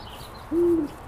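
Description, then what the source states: Great horned owl giving a single low, steady hoot lasting about a third of a second against soft background noise. Female calling in a local park near Boulder; her throat bib puffs out as she calls.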